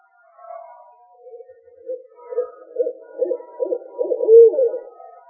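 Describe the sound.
Owl hooting: low pulsed notes repeated quickly, building in loudness to a strongest note near the end.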